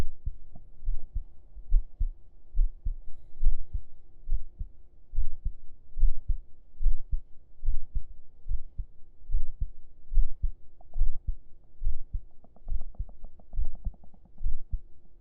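Steady low heartbeat thumps at about 72 beats a minute, muffled through the chest, heard with the ear lying on the chest under the shirt, over a faint hum.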